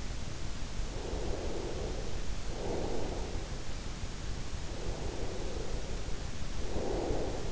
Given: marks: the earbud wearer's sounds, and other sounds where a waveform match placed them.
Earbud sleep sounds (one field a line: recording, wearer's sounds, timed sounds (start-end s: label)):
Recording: sounds in sleep by an in-ear microphone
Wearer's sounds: breath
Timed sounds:
0.75-3.38 s: breath
4.87-7.52 s: breath